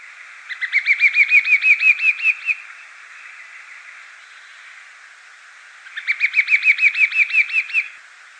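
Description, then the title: Bird song: a fast series of about a dozen bright, chirping notes over two seconds, followed by a pause and then a second, similar burst. "LuckyPassaro Completos2Sama"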